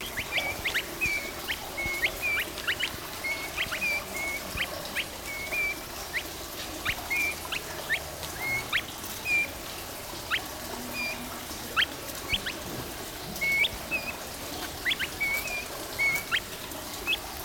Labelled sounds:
Crested Partridge (Rollulus rouloul) call
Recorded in captivity
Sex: pair
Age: adult
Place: Zoo Berlin, Berlin, DE
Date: 1997-01-26 16:29
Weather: heiter, 3°C
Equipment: Nagra SN, Kopie Uher 4000 Report Monitor
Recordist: Tembrock, Günter

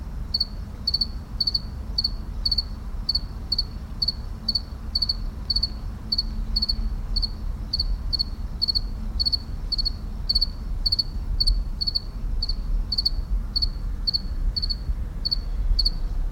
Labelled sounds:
House Cricket (Acheta domesticus) stridulation
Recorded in captivity
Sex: male
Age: imago
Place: Tiergarten Schönbrunn, AT
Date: 1994-09-28 17:30
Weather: bedeckt, 22°C
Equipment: Marantz CP 430, Sennheiser ME 80, Kopie Uher Variocord 263
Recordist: Tembrock, Günter
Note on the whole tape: Stridulation (ca. 20 °C) - zuletzt sehr gut; an Mülltonne

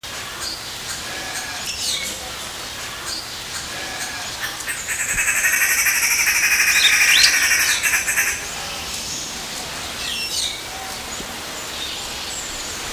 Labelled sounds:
White-headed Barbet (Lybius leucocephalus) call, Superb Starling (Lamprotornis superbus)
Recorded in captivity
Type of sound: call sequence
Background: Lamprotornis superbus
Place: Zoo Berlin, Berlin, DE
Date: 1999-09-04 10:44
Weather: heiter, 17°C
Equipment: Sony WM-D6C, Sennheiser ME 80, Kopie Uher 4000 Report Monitor
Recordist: Tembrock, Günter
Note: Rufreihe, Tier dabei nicht beobachtet. 20:05 - 22:22 min)

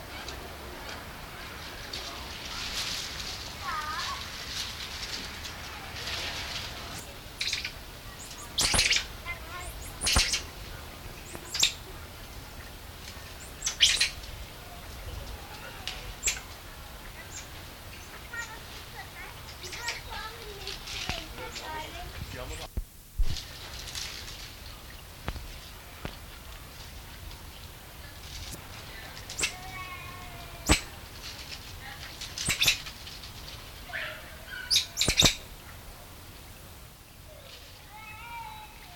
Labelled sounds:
Common Squirrel Monkey (Saimiri sciureus) call
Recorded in captivity
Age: adult
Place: Tiergarten Nürnberg, Bayern, DE
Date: 1993-09-14 17:27
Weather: 12 °C, bedeckt
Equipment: Marantz CP 430, Sennheiser MKH 416 T, Kopie Uher Variocord 263
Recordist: Tembrock, Günter
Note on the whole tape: Diverse Lautformen in Gruppe

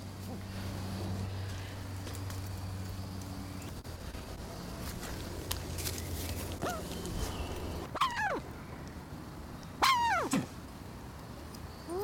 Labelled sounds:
Bare-faced Curassow (Crax fasciolata) call
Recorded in captivity
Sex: male
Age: adult
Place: Zoo Berlin, Berlin, DE
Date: 1991-10-10 17:07
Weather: 19°C
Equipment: Nagra SN, Mikrofon AKG CK 8, Kopie Tesla B 116
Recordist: Tembrock, Günter
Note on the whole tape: Kurzlaute und Langlaute (Männchen), am Gitter auf Beobachter bezogen

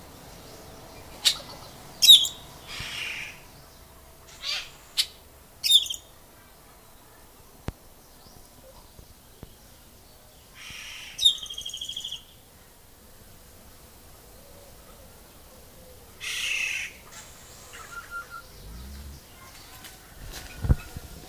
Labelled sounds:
Scarlet-headed Blackbird (Amblyramphus holosericeus)
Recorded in captivity
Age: adult
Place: Zoo Berlin, Berlin, DE
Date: 2000-08-29 10:43
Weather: fair, 21°C
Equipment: Nagra SN, Kopie Uher 4000 Report Monitor
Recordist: Tembrock, Günter

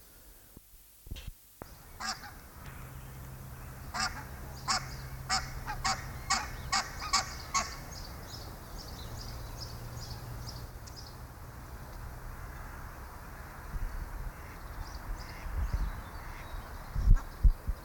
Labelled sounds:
Barnacle Goose (Branta leucopsis) call
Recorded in captivity
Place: Münchner Tierpark Hellabrunn, Bayern, DE
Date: 1995-05-27
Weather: wolkig, 15°C
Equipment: Marantz CP 430, Sennheiser ME 80, Kopie Uher 4000 Report Monitor
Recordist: Tembrock, Günter

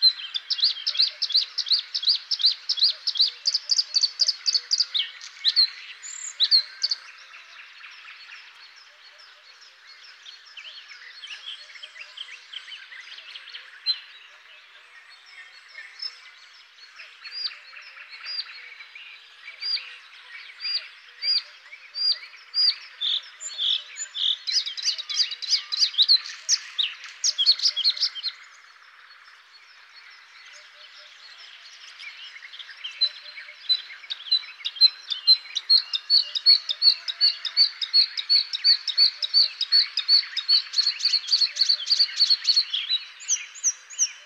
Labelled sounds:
Bluethroat (Luscinia svecica) song
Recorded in the wild
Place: Berezinsky, BY
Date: 2005-05-16
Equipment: Minidisc Sony MZ-R35, Telinga DAT, Telinga-Parabolspiegel
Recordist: Schwarz, Dieter

